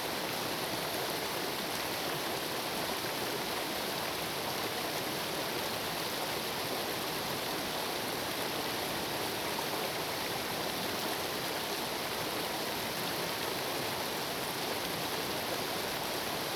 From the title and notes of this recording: Sit by a creek on a summer afternoon.